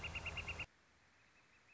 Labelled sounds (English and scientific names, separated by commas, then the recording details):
Northern Flicker (Colaptes auratus)
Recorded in Sonoma County, California